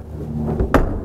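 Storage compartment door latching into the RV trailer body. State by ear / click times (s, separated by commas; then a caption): seated / 0.7 s. A storage compartment door on a 2015 Prime Time Sanibel 3551 RV trailer is shut again to demonstrate its latch. A faint rustle comes just before a single sharp, solid clunk at 0.7 s, as the door latches firmly into the trailer body.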